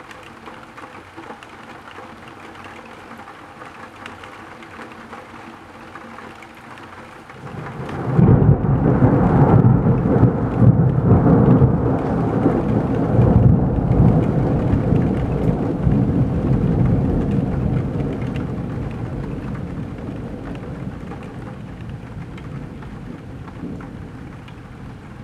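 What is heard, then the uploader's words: Rain ticks steadily on a tilted window, then around eight seconds a loud thunder rumble rolls in and slowly fades through the end. Tickling rain on a tilted window, while thunder keeps rumbling regularly.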